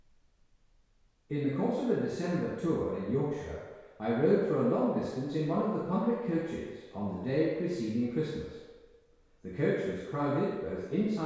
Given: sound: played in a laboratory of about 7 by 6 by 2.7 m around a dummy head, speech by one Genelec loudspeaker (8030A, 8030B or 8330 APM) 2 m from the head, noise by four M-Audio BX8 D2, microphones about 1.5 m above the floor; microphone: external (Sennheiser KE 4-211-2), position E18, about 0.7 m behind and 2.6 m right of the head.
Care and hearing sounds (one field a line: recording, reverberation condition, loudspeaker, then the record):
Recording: male speech in English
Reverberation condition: high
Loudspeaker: 120 degrees to the right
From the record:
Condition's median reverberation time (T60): about 1300 ms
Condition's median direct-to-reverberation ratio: about -4.0 dB